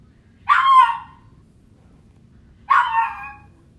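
Dog whining, two drawn-out high yelping whines about two seconds apart, each falling in pitch.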